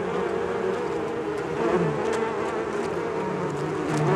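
Bees buzzing in a dense, continuous drone, wavering slightly in pitch, with brief louder moments.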